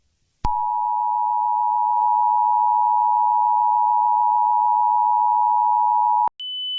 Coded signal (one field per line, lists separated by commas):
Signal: Emergency Alert System (SAME) tones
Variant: 853 and 960 Hz attention tone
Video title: Five Nights at Freddy’s 2 | An EAS Scenario